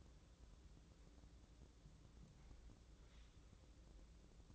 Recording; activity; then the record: daily activity, microphone in the room; wipe stove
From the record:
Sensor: 3